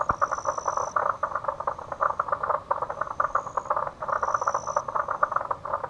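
Frogs calling together in a thick, rattling, pulsing chorus that swells and dips, with brief high whistled tones sounding intermittently above.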